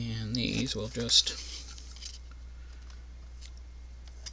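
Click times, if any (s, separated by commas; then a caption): 4.3 s. A plastic part of an Eaglemoss scale model kit of the TNG Enterprise D starship is pressed into its mounting spot on the model hull. Someone talks briefly, then a quiet stretch with faint small ticks follows. A faint plastic snap at 4.3 seconds marks the part popping into place and seating.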